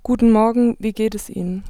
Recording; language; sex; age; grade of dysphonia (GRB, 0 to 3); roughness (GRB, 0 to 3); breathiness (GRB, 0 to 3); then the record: spoken sentence; German; female; 20 to 29 years; 0; 0; 0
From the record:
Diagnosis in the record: healthy voice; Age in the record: 23 years